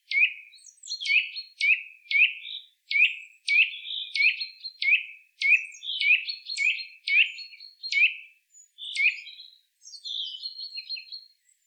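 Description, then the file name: Eurasian nuthatch giving a series of short, sharp call notes, with a few higher, thinner notes mixed in toward the end. "Sitta europaea"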